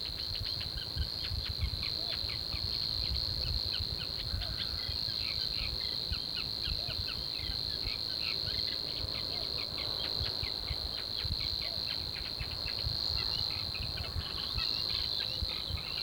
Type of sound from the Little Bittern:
song